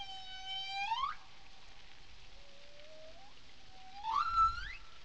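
Whale calls: two tonal, harmonic-rich cries sweeping sharply upward, about three seconds apart, with a softer gliding tone between them.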